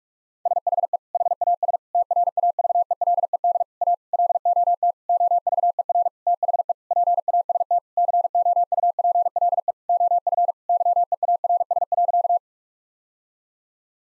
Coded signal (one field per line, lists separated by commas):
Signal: Morse code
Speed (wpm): 46 wpm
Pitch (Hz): 700 Hz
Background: none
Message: SHE HAS TRAVELED A LOT OVER THE PAST COUPLE OF YEARS.